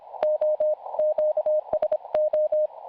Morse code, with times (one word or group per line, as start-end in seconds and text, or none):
0.2-0.7 O
1.0-2.7 QSO